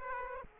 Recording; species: mosquito wingbeat signal from an infrared sensor; Aedes aegypti